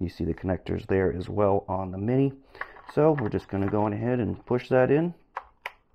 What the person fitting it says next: And you hear a click.